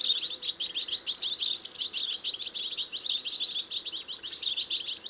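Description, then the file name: European goldfinch giving rapid, tinkling high twitters and chirps in a continuous busy stream. "Carduelis carduelis"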